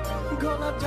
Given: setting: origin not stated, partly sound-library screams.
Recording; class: one-second piece from a danger detection set; normal situation